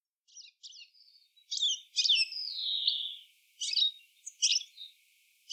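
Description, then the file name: European Goldfinch twittering, a fast run of tinkling, buzzy high notes with a drawn-out slurred phrase in the middle. "Carduelis carduelis"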